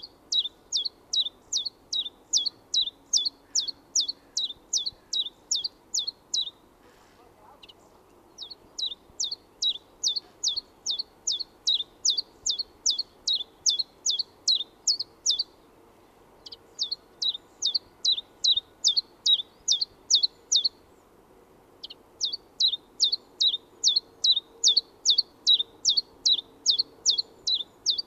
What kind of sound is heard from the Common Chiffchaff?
song